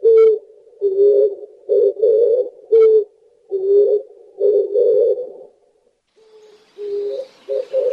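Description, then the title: Oriental turtle dove giving repeated low, husky cooing notes in short groups separated by brief pauses. "Птицы бассейна Амура - большая горлица"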